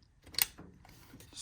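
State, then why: Seated. A plastic quick-connect line fitting is pushed onto the intake manifold fitting from underneath on a Ford 2.0 EcoBoost engine. Quiet handling noise builds to one sharp, bright click at 0.4 s, followed by faint scattered taps and rattles. The connector clicks on and is seated.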